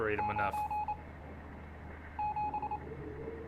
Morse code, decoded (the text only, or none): 97